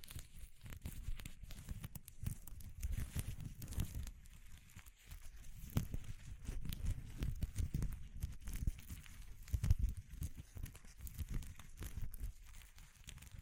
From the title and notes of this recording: ASMR Exploring Textures (No Talking).